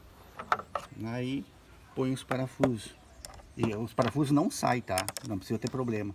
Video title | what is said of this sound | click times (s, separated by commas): "Verificar Motor" Renegade: Carros com (Partida com Botão) e Com Chave normal Apague esta Mensagem | só depois na hora de colocar de novo só vem ó Encaixa certinho aí | 0.5 s, 0.8 s